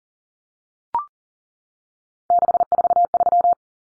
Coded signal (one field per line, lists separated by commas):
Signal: Morse code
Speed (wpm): 40 wpm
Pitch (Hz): 700 Hz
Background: none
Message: 643